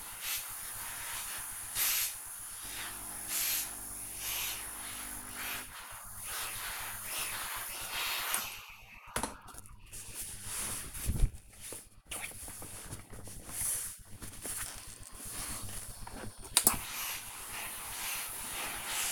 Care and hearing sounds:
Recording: household activities, microphone on the right wrist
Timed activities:
0.00-19.12 s: ironing laundry

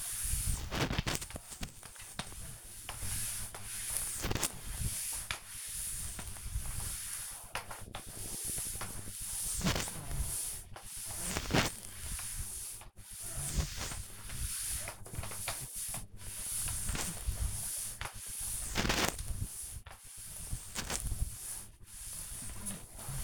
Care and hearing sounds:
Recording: household activities, microphone on the right wrist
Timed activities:
0.00-23.24 s: floor cleaning

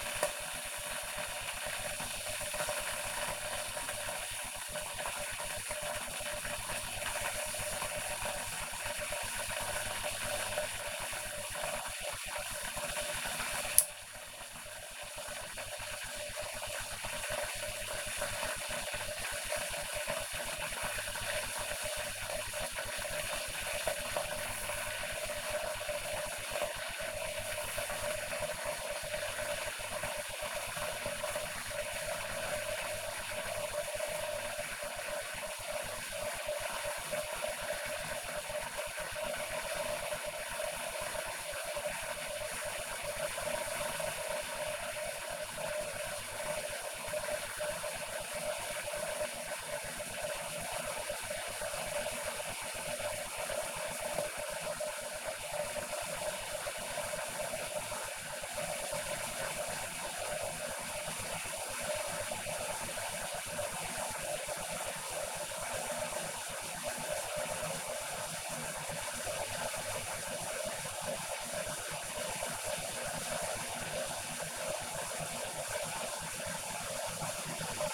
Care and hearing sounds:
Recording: household activities, microphone on the right wrist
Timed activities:
0.00-77.94 s: making tea
10.88 s: note: no water refill

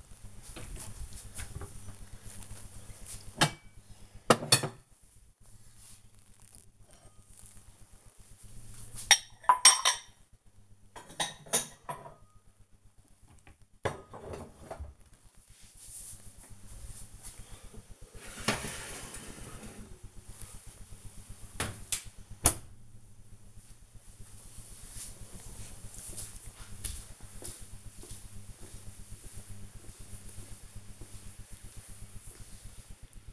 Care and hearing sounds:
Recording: household activities, microphone on the right wrist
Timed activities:
0.00-23.32 s: cleaning out the dishwasher

